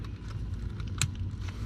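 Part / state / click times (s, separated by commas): LED light harness connector into piggyback harness plug / seated / 1.0 s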